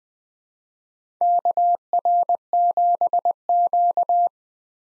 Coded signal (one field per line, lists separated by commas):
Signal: Morse code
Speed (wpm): 20 wpm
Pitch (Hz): 700 Hz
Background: none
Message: KR7Q